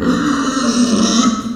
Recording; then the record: squeal of a Yucatan mini pig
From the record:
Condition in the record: after surgery on the right vocal fold (resection and tissue-engineered implant); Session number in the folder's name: 9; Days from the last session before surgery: 65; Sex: female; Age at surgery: 19 weeks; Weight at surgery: 25 kg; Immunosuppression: prednisolone